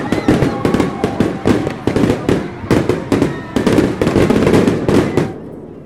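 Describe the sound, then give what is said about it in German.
Fireworks burst in the sky over a fairground as the highlight of the evening, in a rapid, irregular volley of loud cracks and booms, overlapping densely with crackling tails, then fading out at the end. “Ein Feuerwerk zerplatzt am Himmel.”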